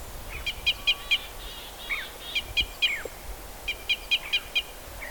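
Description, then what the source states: Red Crossbill excitement calls, short sharp notes in three quick bursts of three to five, each under a second long, with faint background noise. Red Crossbill Type E; excitement calls (ECs).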